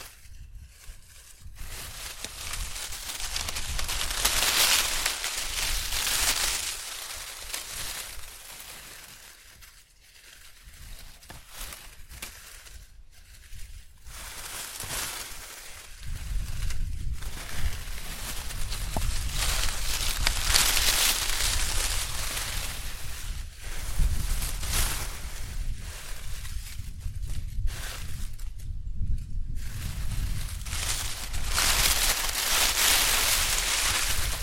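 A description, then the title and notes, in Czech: Dry fallen leaves rustle in uneven bursts of crisp, bright crackle, with brief quiet gaps around 10 and 14 seconds. After about 16 seconds the rustling grows louder and nearly continuous, over a soft low outdoor rumble. Šustění listí, Pyšely. Zbytky podzimního spadaného listí v krásném, teplém zimním dni blízko Pyšel.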